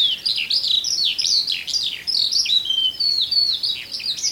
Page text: Põldlõoke